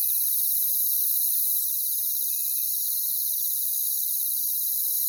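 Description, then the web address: Cricket: a high, shimmering cricket chorus, constant in pitch and loudness throughout. "WLL Grade 1-12 Pre-Uni Library Natures Songs Sleep Sounds of Nature CRICKETS Crickets"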